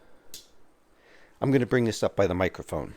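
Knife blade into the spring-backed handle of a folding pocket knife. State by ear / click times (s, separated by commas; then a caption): seated / 0.3 s. The blade of a Case 6347 three-spring stockman slip-joint pocket knife is opened and snaps into the open position in its spring-backed handle under spring tension, giving a short, weak snap at 0.3 s, a weakness typical of three-spring knives. After a quiet stretch, someone talks from about 1.4 s onward.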